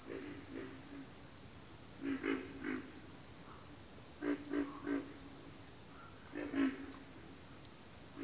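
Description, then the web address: Pig frog, low grunting notes in paired and grouped bursts, set against loud, regular triple-pulsed cricket chirps. Several pig frogs. "Natures Songs Sleep Sounds of Nature CRICKETS Pig Frogs"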